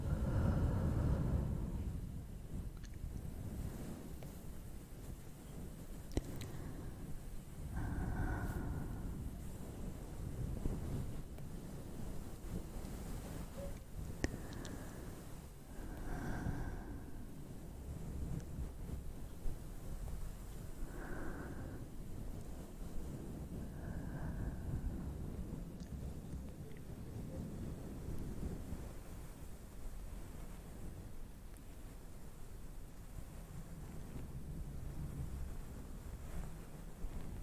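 Long nail scratches drag across a fluffy mic in slow strokes every few seconds, over a steady deep rumbling rustle that never stops.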